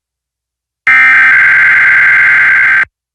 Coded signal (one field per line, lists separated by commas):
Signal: Emergency Alert System (SAME) tones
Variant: header bursts